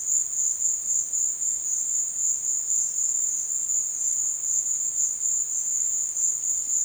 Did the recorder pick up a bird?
no